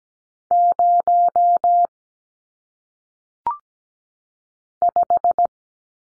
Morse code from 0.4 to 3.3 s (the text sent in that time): 0